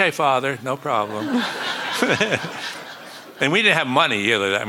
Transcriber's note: laughter